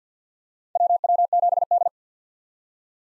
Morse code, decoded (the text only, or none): WW7D